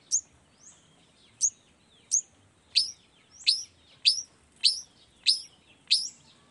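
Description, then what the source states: Long-tailed shrike song: sharp, high, piercing notes repeated in a fast series. Morning singing; features 'toet toet' notes and voice variations, meant to stimulate emotion so that reluctant shrikes start singing along.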